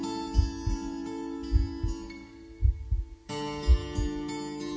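Steady paired heartbeat thumps of an adult man's heart, about 55 a minute, worked into a song beneath sustained musical tones.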